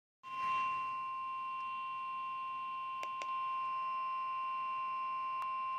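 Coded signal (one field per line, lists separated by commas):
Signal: Emergency Alert System (SAME) tones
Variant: 1050 Hz attention tone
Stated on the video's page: EAS severe thunderstorm warning for Macomb, Wayne and Oakland counties, Michigan.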